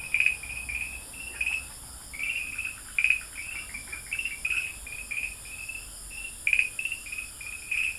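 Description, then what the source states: Farmland green tree frog: brief high chirps in an irregular, pulsing series. Recorded at Dalin, 30 May 2009.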